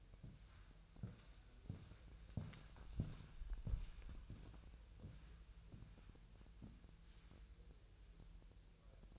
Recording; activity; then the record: daily activity, microphone in the room; walk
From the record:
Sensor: 2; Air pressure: 1001.9 hPa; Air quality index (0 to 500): 233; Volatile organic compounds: 63 ppm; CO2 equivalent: 3444 ppm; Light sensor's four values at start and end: 7/17/7/7 and 7/17/7/8